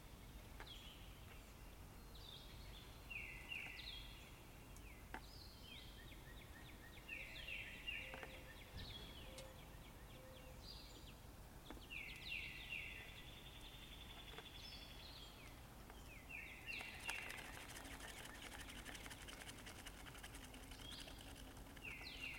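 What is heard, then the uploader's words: Birds call repeatedly in a forest, their bright chirps and short trilling phrases coming every second or two. A steady low rumble runs underneath throughout, and a dense rattling buzz joins in from around seventeen seconds. The peaceful sound of birds in the forest.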